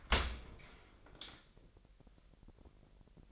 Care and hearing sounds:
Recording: daily activity, microphone in the room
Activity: open dishwasher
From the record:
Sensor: 5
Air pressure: 1000.6 hPa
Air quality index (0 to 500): 248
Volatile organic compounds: 34 ppm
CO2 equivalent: 3046 ppm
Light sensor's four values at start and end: 31/71/28/26 and 32/73/29/27

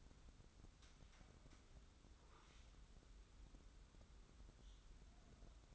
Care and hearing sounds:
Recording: daily activity, microphone in the room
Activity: wipe stove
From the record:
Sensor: 3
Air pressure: 994.4 hPa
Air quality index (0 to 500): 210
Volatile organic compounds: 1000 ppm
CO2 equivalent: 7000 ppm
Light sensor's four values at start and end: 196/471/198/196 and 196/470/198/196

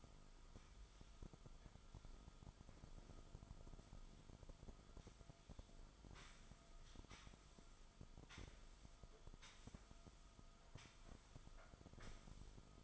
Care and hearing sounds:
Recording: daily activity, microphone in the room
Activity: sweep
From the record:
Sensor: 5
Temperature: 24.0 degrees Celsius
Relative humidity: 36.6%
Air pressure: 1004.8 hPa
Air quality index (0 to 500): 95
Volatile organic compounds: 2 ppm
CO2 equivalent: 1146 ppm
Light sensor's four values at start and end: 33/78/31/30 and 34/80/32/31

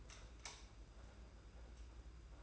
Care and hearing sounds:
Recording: daily activity, microphone in the room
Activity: light on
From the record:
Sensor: 2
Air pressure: 991.8 hPa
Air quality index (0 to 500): 231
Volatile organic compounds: 1000 ppm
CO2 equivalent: 7732 ppm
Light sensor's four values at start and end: 17/49/19/18 and 11/27/10/10

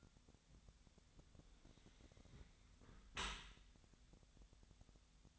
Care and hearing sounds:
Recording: daily activity, microphone in the room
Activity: close dishwasher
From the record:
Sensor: 3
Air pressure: 1006.7 hPa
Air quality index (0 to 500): 207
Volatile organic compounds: 19 ppm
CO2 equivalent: 2646 ppm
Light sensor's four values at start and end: 10/24/10/10 and 10/24/10/10

